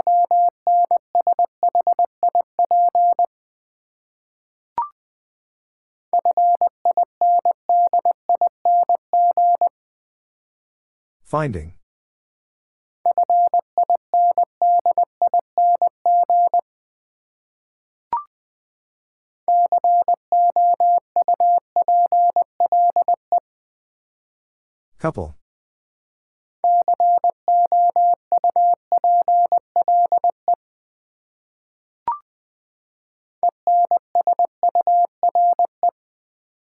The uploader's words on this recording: Sentences from Top 1100 Words - New Word Drill v2 - 20wpm. First, the word is sent in Morse code.